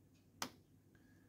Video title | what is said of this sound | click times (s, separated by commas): Poly-lamp prototypes: using technology to make a pretty looking, modular and innovative lamp | they will light up and they will snap into place magnetically | 0.4 s